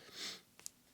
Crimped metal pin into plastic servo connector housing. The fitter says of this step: and there when it snapped in place and i don't know if you could actually hear that